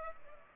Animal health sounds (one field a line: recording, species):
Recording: mosquito wingbeat signal from an infrared sensor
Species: Culex pipiens